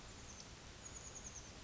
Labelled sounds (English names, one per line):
Chestnut-backed Chickadee